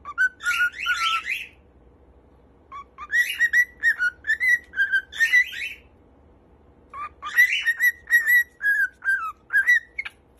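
Cockatiel whistling: bursts of warbled whistles and chirps, in three phrases separated by short pauses, over a faint low hum.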